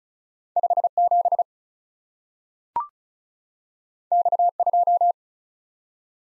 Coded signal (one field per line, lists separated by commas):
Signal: Morse code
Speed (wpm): 36 wpm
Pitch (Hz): 700 Hz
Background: none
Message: 57 X2